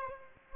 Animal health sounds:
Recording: mosquito wingbeat signal from an infrared sensor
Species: Aedes aegypti

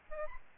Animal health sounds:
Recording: mosquito wingbeat signal from an infrared sensor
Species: Aedes albopictus

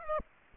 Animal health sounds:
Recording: mosquito wingbeat signal from an infrared sensor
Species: Aedes aegypti

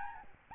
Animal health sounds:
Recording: mosquito wingbeat signal from an infrared sensor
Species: Aedes albopictus

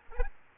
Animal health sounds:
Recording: mosquito wingbeat signal from an infrared sensor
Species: Aedes aegypti

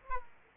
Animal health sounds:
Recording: mosquito wingbeat signal from an infrared sensor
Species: Aedes aegypti

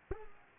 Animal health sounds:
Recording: mosquito wingbeat signal from an infrared sensor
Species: Culex pipiens

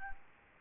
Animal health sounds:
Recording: mosquito wingbeat signal from an infrared sensor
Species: Aedes albopictus

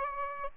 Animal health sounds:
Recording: mosquito wingbeat signal from an infrared sensor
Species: Aedes albopictus

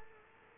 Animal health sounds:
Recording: mosquito wingbeat signal from an infrared sensor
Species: Culex quinquefasciatus

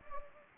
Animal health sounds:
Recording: mosquito wingbeat signal from an infrared sensor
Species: Anopheles gambiae

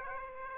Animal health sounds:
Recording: mosquito wingbeat signal from an infrared sensor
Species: Aedes aegypti

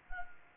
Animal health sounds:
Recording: mosquito wingbeat signal from an infrared sensor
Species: Anopheles arabiensis

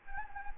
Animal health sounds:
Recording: mosquito wingbeat signal from an infrared sensor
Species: Anopheles gambiae

